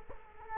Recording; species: mosquito wingbeat signal from an infrared sensor; Culex quinquefasciatus